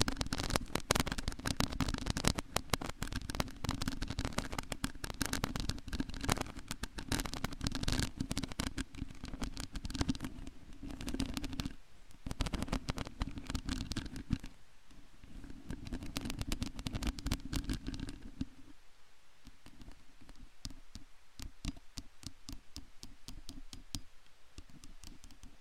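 A long nail scrapes and scratches steadily over a surface, a dense, fast run of rough strokes with a low hum running under it. Around the midpoint the scratching briefly thins, and after about 18 seconds it breaks into sparser, separate crackling strokes.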